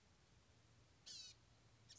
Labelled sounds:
Blue-gray Gnatcatcher
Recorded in Sonoma County, California

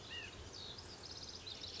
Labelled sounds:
White-breasted Nuthatch
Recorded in Sonoma County, California

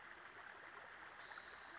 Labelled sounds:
Spotted Towhee
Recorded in Sonoma County, California

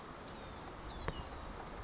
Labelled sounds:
Blue-gray Gnatcatcher
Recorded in Sonoma County, California

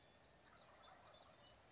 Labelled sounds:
Wild Turkey
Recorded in Sonoma County, California

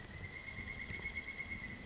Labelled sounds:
Pileated Woodpecker
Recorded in Sonoma County, California

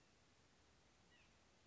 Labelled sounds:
White-breasted Nuthatch
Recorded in Sonoma County, California

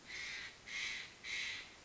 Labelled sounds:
Steller's Jay
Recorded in Sonoma County, California

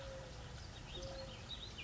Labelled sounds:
Mourning Dove
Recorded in Sonoma County, California

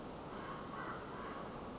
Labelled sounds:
Western Flycatcher
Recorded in Sonoma County, California

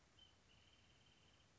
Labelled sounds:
Wrentit
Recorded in Sonoma County, California

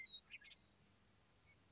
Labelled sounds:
Western Meadowlark
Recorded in Sonoma County, California

